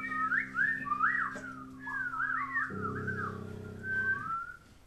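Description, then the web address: Eurasian blackbird song: looping, fluty whistled phrases rising and falling, with a steady low droning hum underneath for most. Recorded in La Rochelle. "coll efromentin la rochelle. blackbird"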